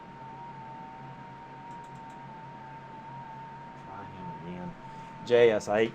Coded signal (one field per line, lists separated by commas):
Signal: FT8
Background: speech